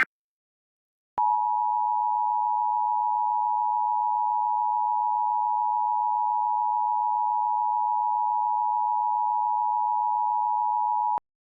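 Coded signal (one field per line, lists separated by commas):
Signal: Emergency Alert System (SAME) tones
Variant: 853 and 960 Hz attention tone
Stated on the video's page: Fictional EAS scenario.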